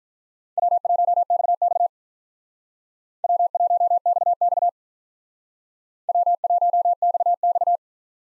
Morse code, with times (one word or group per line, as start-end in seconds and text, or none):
0.6-1.9 W1XX
3.2-4.7 W1XX
6.1-7.8 W1XX